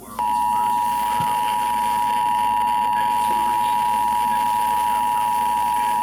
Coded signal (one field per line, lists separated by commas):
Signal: Emergency Alert System (SAME) tones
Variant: 853 and 960 Hz attention tone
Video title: NEW STATION AND A QUAD HEADER.. Severe Thunderstorm Warning (5-26-21) (EAS #41-44)